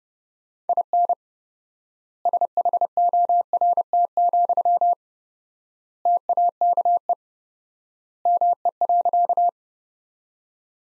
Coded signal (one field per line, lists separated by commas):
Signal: Morse code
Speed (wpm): 30 wpm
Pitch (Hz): 700 Hz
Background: none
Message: IN SHORT, TAKE ME.